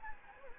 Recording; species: mosquito wingbeat signal from an infrared sensor; Anopheles gambiae